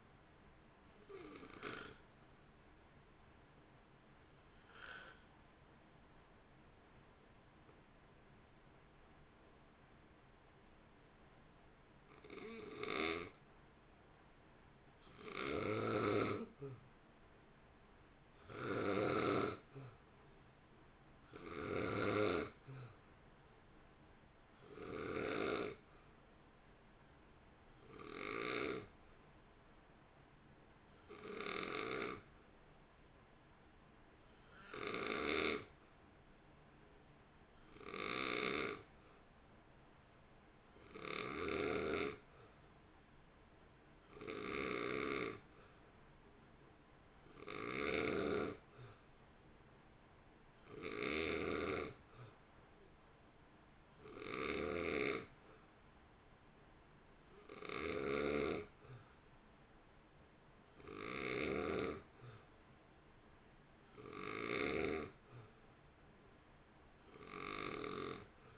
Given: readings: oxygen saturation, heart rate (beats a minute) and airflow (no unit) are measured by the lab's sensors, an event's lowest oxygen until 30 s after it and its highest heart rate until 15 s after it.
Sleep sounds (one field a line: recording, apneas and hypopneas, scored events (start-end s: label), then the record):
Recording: breathing in sleep by a voice recorder at the bedside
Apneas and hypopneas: 1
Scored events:
3.00-18.60 s: hypopnea (N2, oxygen 89% highest, then 86% lowest, heart rate 55 at the start, 59 highest)
From the record:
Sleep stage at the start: N2 (light sleep)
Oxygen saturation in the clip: 86 to 93%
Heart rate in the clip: 53 to 62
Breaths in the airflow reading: 27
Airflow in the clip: -1.2 to 1.2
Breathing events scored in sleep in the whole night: 328 in 6.3 hours asleep